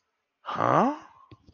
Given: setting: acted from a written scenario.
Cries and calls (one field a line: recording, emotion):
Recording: vocal sound without words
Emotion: confusion